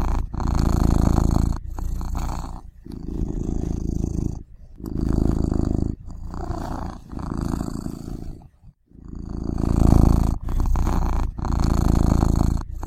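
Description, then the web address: Cat purring, a steady low rumble in rhythmic bursts of about one to two seconds, separated by brief quiet gaps. "~k garrigue Final Sounds Cat Purring"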